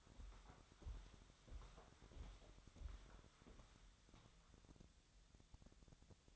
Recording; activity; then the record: daily activity, microphone in the room; walk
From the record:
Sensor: 3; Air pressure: 1015.3 hPa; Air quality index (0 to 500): 130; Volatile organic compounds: 6 ppm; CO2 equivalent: 1842 ppm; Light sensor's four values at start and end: 14/37/15/16 and 15/38/15/16